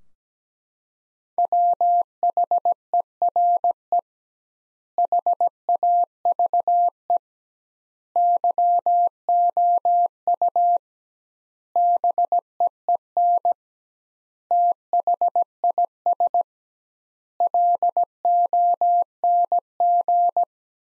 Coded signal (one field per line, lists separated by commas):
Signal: Morse code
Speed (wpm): 17 wpm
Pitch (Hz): 700 Hz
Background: none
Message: WHERE HAVE YOU BEEN THIS LONG